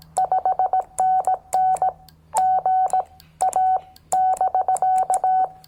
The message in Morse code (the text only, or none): 5NN GA <BK>